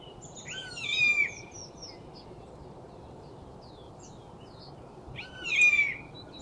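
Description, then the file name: Eurasian jay producing two rasping screeches several seconds apart, with faint scattered high notes in between and background hiss. "Garrulus glandarius"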